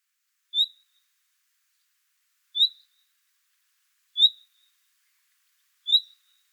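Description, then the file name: Common nightingale gives a single short, high whistled note, repeated four times roughly every one and a half to two seconds against silence. "Luscinia megarhynchos"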